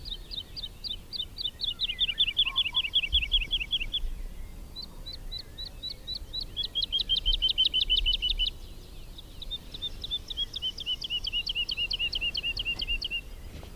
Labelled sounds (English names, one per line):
Wood Lark flight song